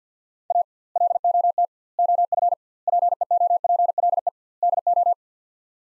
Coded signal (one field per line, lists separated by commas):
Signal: Morse code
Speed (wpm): 50 wpm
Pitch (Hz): 700 Hz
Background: none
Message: A LOT OF PEOPLE DO